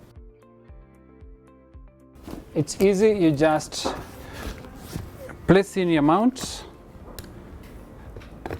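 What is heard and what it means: A softbox mount (speed ring) is handled against the head of a Visico VL300 portable studio strobe, to be lined up with the holes on the light, while someone talks over soft background music. Light handling taps and a few sharp, short hits near the end are heard, but nothing has seated or clicked yet.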